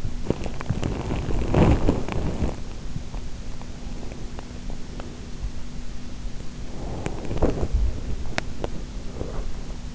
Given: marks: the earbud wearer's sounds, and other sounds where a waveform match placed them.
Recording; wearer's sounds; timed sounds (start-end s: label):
sounds in sleep by an in-ear microphone; teeth grinding
0.00-2.85 s: teeth grinding
6.60-9.88 s: teeth grinding